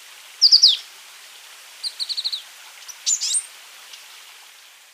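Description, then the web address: Azure tit calls: a quick high trilled phrase, then a string of five short repeated notes and a brief buzzy burst, with a faint hiss behind. "wroblowe ptaki cyanistes cyanus"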